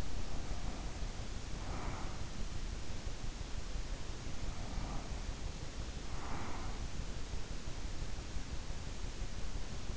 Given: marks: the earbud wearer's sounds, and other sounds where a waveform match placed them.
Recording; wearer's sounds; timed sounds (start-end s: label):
sounds in sleep by an in-ear microphone; breath
0.00-2.57 s: breath
4.25-6.88 s: breath